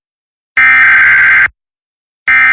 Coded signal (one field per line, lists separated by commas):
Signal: Emergency Alert System (SAME) tones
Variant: header bursts